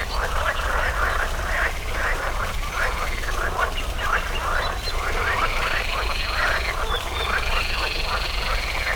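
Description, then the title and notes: Frogs croaking in a thick continuous chorus of rasping notes, with a thin high tone and a low rumble. Frogs in a small pond at the Orto Botanico botanical garden, Bologna, Italy, 5 July 2018; frogs there croak on spring mornings; made for the Zona U sound mapping project. "05.07.18 Rane allOrto Botanico. There is also a small pond populated with frogs croaking on spring mornings. Recorded for the Zona U sound mapping project"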